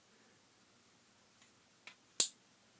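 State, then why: Seated. A silver twist cap on a plastic skincare dose dispenser is turned until it clicks sharply at 2.2 s, releasing one dose of cream. Two fainter ticks come before it, at about 0.9 s and 1.9 s. The dispenser clicks to dose as intended.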